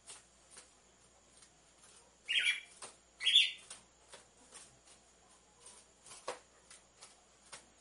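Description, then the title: Red-cowled cardinal giving two rasping, buzzy notes about a second apart, followed by soft ticks and clicks. Female red-cowled cardinal song, used to warm up males. "Canto Galo Campina Fêmea 01. ESQUENTE GALO DE CAMPINA COM BATIDA DE DOIS MACHOS"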